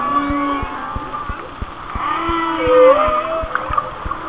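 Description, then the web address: Whale song of long level and gently rising tones with a brief bright whistle, set against regular, evenly spaced clicks. "Natures Songs Whale Songs Whale Songs"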